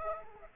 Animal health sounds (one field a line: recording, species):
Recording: mosquito wingbeat signal from an infrared sensor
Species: Aedes aegypti